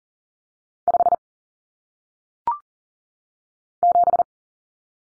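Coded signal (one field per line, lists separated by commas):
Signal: Morse code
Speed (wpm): 40 wpm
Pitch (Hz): 700 Hz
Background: none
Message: 5 7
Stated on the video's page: Single-digit cut-number drill at 40 wpm for head-copy, with T, A, N standing for 0, 1, 9; each number sent in Morse, then spoken, then sent again.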